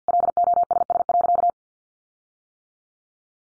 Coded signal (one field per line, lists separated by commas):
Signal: Morse code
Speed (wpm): 48 wpm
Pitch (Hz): 700 Hz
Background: none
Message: LOSS.